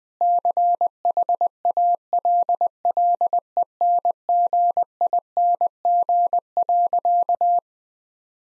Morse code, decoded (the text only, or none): CHALLENGING.